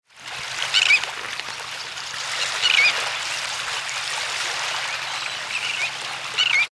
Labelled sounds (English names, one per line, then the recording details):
Sandwich Tern
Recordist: Tembrock, Günter
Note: Flugrufe